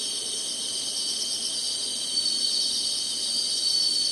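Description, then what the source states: Insects in a dense, shrill trilling chorus that grows a little louder toward the end. Singing insects in summer.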